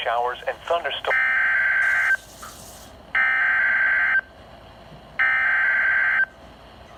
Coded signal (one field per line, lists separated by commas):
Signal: Emergency Alert System (SAME) tones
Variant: header bursts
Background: speech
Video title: EAS Alert #15 (Severe Thunderstorm Warning #10) 5/30/18